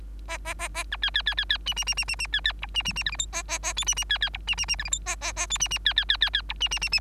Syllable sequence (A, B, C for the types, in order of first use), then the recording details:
A A A A B C C C C C D D D D D D C C E D D D F G H A A A I D D C C E D D D F G H A A A I D D C C C C C E D D D D. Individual Bird3